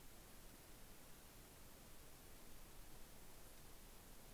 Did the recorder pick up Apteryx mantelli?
no